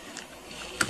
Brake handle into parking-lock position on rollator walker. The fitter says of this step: push down on the brake handle. You're going to feel and see it click into place.